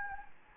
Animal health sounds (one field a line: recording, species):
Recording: mosquito wingbeat signal from an infrared sensor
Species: Anopheles gambiae